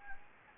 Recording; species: mosquito wingbeat signal from an infrared sensor; Anopheles gambiae